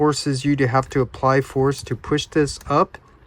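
Someone talks while pushing a plastic panel of a FansToys FT-31A Roadking (Stunticon Motormaster) transforming toy robot up toward its locking slot, applying force because of the tight tolerance despite the better-quality plastic. Only speech is heard, and the panel has not yet snapped or locked into place.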